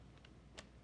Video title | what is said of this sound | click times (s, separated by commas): ASUS G74SX-XT1 Laptop | actually it goes like this snaps into place | 0.6 s